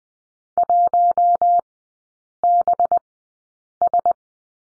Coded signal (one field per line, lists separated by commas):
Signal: Morse code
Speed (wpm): 20 wpm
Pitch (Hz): 700 Hz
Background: none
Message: 1BS